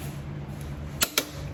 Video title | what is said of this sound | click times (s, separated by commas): Adams Driveshaft Front 1310 Extreme Duty Install Jeep JKU | click like that indicating that your torque has been set to | 1.2 s